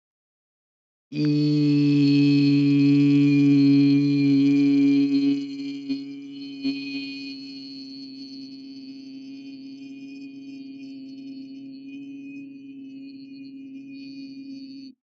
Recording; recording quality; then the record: sustained vowel as in beet; excellent, no background noise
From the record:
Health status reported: respiratory illness, not identified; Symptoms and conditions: asthma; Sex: male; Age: 22 years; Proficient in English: yes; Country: United States